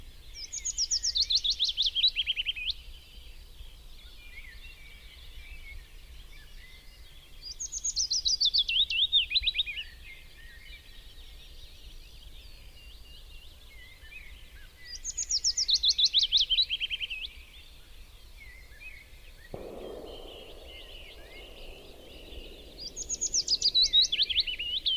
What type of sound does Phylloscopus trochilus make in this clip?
song